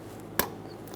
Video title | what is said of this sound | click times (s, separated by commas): How to Replace Horn Assembly 2007-2017 Ford Expedition | push until you hear a click | 0.4 s